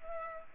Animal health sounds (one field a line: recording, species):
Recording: mosquito wingbeat signal from an infrared sensor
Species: Culex pipiens